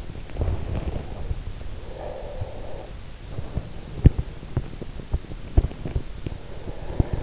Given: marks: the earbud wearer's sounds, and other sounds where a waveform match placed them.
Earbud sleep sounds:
sounds in sleep by an in-ear microphone; breath, teeth grinding
0.43-3.14 s: breath
3.53-6.25 s: teeth grinding

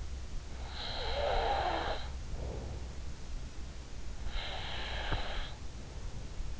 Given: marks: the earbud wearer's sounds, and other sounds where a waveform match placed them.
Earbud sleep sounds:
sounds in sleep by an in-ear microphone; breath
0.93-3.22 s: breath
4.19-6.42 s: breath

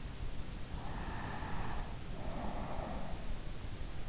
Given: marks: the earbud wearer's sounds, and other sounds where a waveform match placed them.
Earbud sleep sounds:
sounds in sleep by an in-ear microphone; breath
0.84-3.53 s: breath

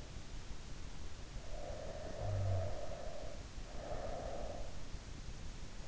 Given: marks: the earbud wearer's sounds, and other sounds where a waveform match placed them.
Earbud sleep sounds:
sounds in sleep by an in-ear microphone; snoring breath
1.20-4.98 s: snoring breath

